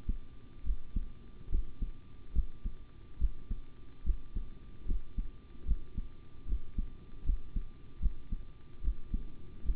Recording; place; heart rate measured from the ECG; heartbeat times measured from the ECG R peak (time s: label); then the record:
heart sounds by stethoscope; between the tricuspid and mitral areas; 73 bpm
0.64 s: heartbeat
1.50 s: heartbeat
2.33 s: heartbeat
3.19 s: heartbeat
4.04 s: heartbeat
4.86 s: heartbeat
5.65 s: heartbeat
6.46 s: heartbeat
7.24 s: heartbeat
8.00 s: heartbeat
8.82 s: heartbeat
9.63 s: heartbeat
From the record:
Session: rest, sitting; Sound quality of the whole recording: good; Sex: male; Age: 25 years